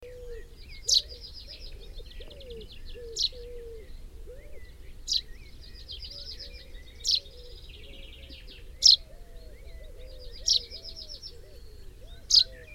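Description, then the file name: Common chaffinch repeating a sharp, high call note about every two seconds, with fainter trilled phrases between the notes. "Fringilla coelebs"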